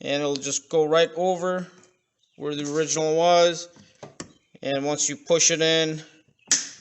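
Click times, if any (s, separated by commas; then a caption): 6.5 s. A chrome plastic interior door handle with glue inside is inserted front tip first and pushed into a Ram truck's interior door panel while someone talks. One sharp snap at 6.5 s marks the tabs clicking in, and the handle is seated.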